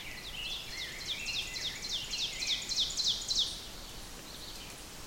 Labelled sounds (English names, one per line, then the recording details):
Ovenbird song
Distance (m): 25 m
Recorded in boreal forest in Alberta, Canada, on 6 June 2016 at 06:55
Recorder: SongMeter 3, array SBT-3-51
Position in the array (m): 234 m, 162 m
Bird 28